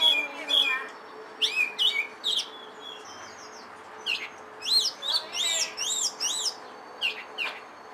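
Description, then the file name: Oriental magpie-robin singing varied phrases of arched whistles and quick chirping notes, some repeated in bursts, over a low continuous hum. Indonesian name kacer lutung cebu. "audio burung kacer lutung cebu. omkicau"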